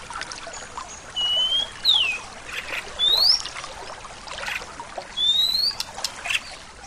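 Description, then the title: Bird song of clear, sweet whistles, some held level, others sliding up or down, given singly or in short phrases with pauses, over a steady background hiss. "SuaraBurung Kicau"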